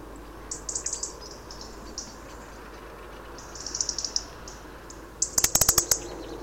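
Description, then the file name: Eurasian wren calls: rapid high ticking runs, then a louder burst of sharp rattling clicks near the end, over constant background hiss. "Troglodytes troglodytes"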